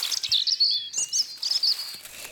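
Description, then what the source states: European robin singing, a thin, very high warbling phrase of quick twisting notes and short trills, with faint low thumps beneath. Singing over there, recognised by the child; song described as very high-pitched, never the same, always inventing little tunes.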